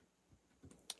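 Plastic construction bricks are pressed onto a brick display model. Soft low bumps of handling come before a faint tick at 0.7 s. A sharp, bright click at 0.9 s marks the pieces seating in place.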